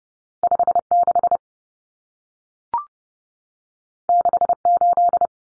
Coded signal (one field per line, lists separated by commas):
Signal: Morse code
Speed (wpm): 30 wpm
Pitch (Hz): 700 Hz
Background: none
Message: 56 68